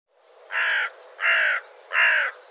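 Bird giving three harsh, hoarse caws, each lasting about a third of a second, spaced roughly evenly.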